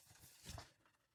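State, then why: Not seated. A support piece for a 1/8 scale metal Ferrari 250 GTO model is pressed into place on the frame by hand, giving soft handling rustles with a brief, slightly louder scraping burst around 0.5–0.6 s. There is no crisp click, and nothing has seated yet.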